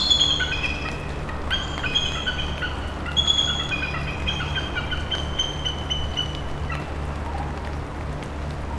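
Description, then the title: Birds calling, several whistled and chirping notes at mid-high pitch scattered through, over a steady low hum. Heard from a boat on a river through jungle, Sitka, Baranof Island, Alaska, USA. "丛林里的鸟叫_美国阿拉斯加州巴拉诺夫岛锡特卡"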